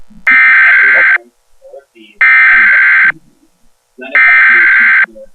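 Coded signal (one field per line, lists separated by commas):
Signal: Emergency Alert System (SAME) tones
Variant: header bursts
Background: speech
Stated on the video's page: EAS tones made by a software generator, not broadcast on TV.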